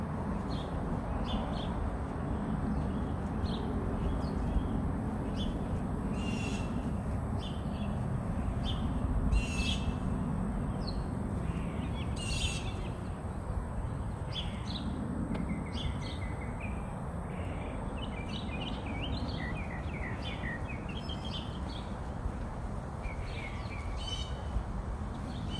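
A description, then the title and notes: Birds call outside a house over a steady low rumble, likely traffic. Short chirps, whistles and buzzy notes come every second or two, some sharp, others soft, with a few harsh, rasping calls around the middle. Some relaxing bird conversations (mockingbirds, house finches, sparrows, starlings, blue jays, crows, and chickadees) outside my house.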